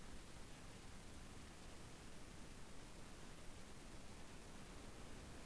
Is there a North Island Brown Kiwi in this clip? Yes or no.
no